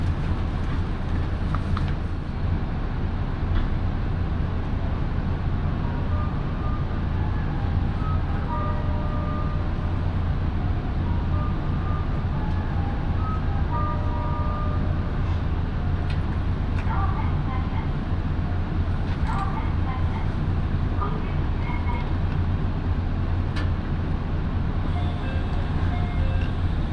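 A ride aboard a local train on the Minobu Line, with a steady low rumble and hum filling the whole recording at an even level. Faint tonal whines and brief clicks or clanks surface now and then, more often after the midpoint.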